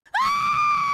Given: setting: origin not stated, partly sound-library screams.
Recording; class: one-second piece from a danger detection set; woman in danger